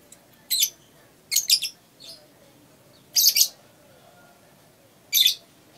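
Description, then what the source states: Lovebird calls: shrill, high, buzzy chirps in several short bursts, with quiet between. Masteran, a training song recording for caged birds.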